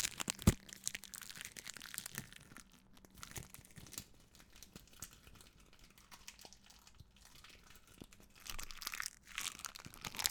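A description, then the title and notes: Wrappers rustle and crinkle in dense, irregular bursts, busiest at the start and near the end, with a sharp crunch just after the beginning. Crunchy Wrapper. The gentle rustle and crinkle of wrappers.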